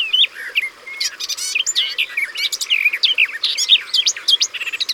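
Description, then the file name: Garden warbler delivering a brisk, even warble of bright, slurred notes and quick trills, running on steadily with only tiny gaps. Recorded by the water. "Fauvette des jardins Au bord de leau"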